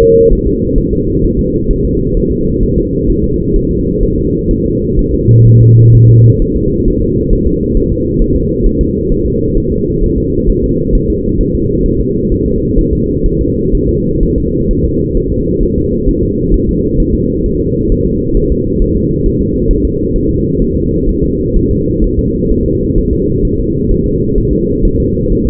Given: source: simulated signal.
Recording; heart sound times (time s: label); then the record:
fetal heart sounds
0.02 s: S2
0.33 s: S1
0.47 s: S2
0.78 s: S1
0.93 s: S2
1.24 s: S1
1.39 s: S2
1.71 s: S1
1.85 s: S2
2.17 s: S1
2.32 s: S2
2.63 s: S1
2.78 s: S2
3.10 s: S1
3.24 s: S2
3.56 s: S1
3.71 s: S2
4.03 s: S1
4.18 s: S2
4.51 s: S1
4.66 s: S2
4.99 s: S1
5.14 s: S2
5.47 s: S1
5.62 s: S2
5.95 s: S1
6.10 s: S2
6.42 s: S1
6.57 s: S2
6.88 s: S1
7.02 s: S2
7.33 s: S1
7.47 s: S2
7.77 s: S1
7.92 s: S2
8.22 s: S1
8.36 s: S2
8.66 s: S1
8.81 s: S2
9.12 s: S1
9.26 s: S2
9.57 s: S1
9.72 s: S2
10.04 s: S1
10.18 s: S2
10.50 s: S1
10.64 s: S2
10.95 s: S1
11.10 s: S2
11.41 s: S1
11.55 s: S2
11.86 s: S1
12.01 s: S2
12.32 s: S1
12.46 s: S2
12.78 s: S1
12.93 s: S2
13.26 s: S1
13.41 s: S2
13.75 s: S1
13.89 s: S2
14.23 s: S1
14.38 s: S2
14.71 s: S1
14.85 s: S2
15.17 s: S1
15.32 s: S2
15.63 s: S1
15.78 s: S2
16.09 s: S1
16.23 s: S2
16.54 s: S1
16.69 s: S2
17.00 s: S1
17.15 s: S2
17.46 s: S1
17.61 s: S2
17.92 s: S1
18.07 s: S2
18.37 s: S1
18.52 s: S2
18.82 s: S1
18.96 s: S2
19.26 s: S1
19.41 s: S2
19.71 s: S1
19.85 s: S2
20.16 s: S1
20.31 s: S2
20.62 s: S1
20.77 s: S2
21.09 s: S1
21.24 s: S2
21.56 s: S1
21.71 s: S2
22.04 s: S1
22.19 s: S2
22.51 s: S1
22.66 s: S2
22.98 s: S1
23.13 s: S2
23.45 s: S1
23.60 s: S2
23.91 s: S1
24.06 s: S2
24.38 s: S1
24.53 s: S2
24.85 s: S1
25.00 s: S2
25.32 s: S1
25.47 s: S2
From the record:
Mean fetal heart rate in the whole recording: 130 bpm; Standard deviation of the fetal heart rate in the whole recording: 4 bpm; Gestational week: 38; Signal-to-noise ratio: -14.7 dB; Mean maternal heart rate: 72 bpm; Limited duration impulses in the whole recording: present